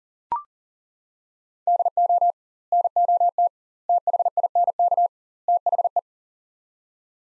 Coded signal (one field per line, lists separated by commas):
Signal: Morse code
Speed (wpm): 40 wpm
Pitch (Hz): 700 Hz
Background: none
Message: DO NOT THINK THE